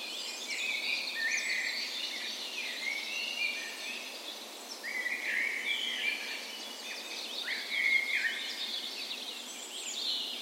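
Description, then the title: Dawn chorus of songbirds, clear whistled phrases and short trills from several birds overlapping, with steady high twittering beneath. Dawn chorus in a park west in Bergen, Norway, morning of 17 May, Norway's National Day, in spring; recorded with Sony PCM A10 and LOM Usi microphones as tree ears. "17th Of May Dawn Chorus"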